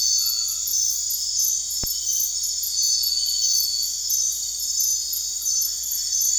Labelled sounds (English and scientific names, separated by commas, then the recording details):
none
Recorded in secondary vegetation near Puerto Asís, Putumayo, Colombia, on 9 March 2025 at 00:00
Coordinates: 0.499, -76.323
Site G094